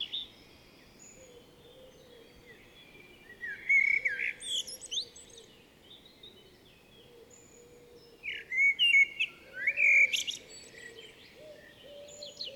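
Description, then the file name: Common blackbird singing two mellow warbling phrases with thin high twittered endings, separated by a pause, with a soft low sound in the background. "Turdus merula"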